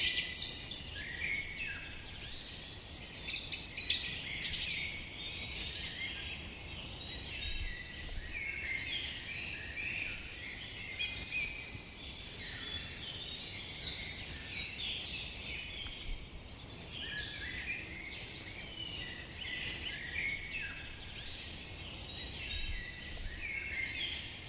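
Many forest birds sing at once in a dense, continuous chorus of bright chirps and trills that overlap without pause. Calls come from several distances, some close and sharp, others softer and farther off, over a faint low rumble throughout.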